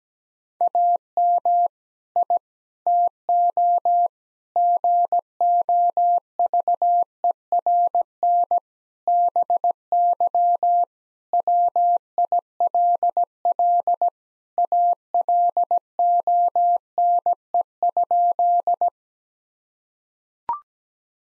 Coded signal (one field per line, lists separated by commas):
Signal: Morse code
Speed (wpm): 17 wpm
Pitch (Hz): 700 Hz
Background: none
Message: AM I TO GOVERN BY WILL ALONE?